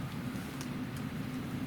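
A nurse handles a red-to-red colour-coded closed-system chemo connector at the hub of an IV tubing port. A steady low hum fills the clip, with a brief faint tick at about 0.6 s. Nothing has seated or clicked yet.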